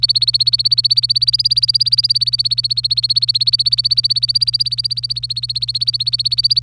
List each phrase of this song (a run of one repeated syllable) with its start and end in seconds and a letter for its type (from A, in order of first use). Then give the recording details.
0.00-6.62 A. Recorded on 25 April 2018 at 08:44. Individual llb3